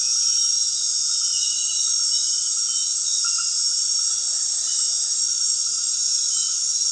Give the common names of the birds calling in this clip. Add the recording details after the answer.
none. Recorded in dense forest near Puerto Asís, Putumayo, Colombia, on 20 February 2024 at 19:30. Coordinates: 0.502, -76.326. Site G6460